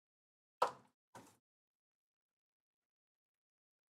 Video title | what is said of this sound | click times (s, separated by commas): Before I head to the Gym Let's build a PC and it's Purple! | There we go. I heard that click. I didn't hear that click at first. | 0.6 s